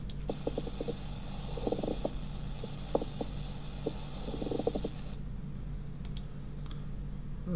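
Adult chest heard by stethoscope: a pleural friction rub, a rubbing of the pleural surfaces.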